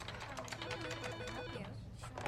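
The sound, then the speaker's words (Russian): A heavy-set woman types on a computer keyboard: quick, irregular keystroke clicks in a steady patter of light taps over a low background hum with faint tonal murmuring underneath. “Полная женщина печатает на компьютере.”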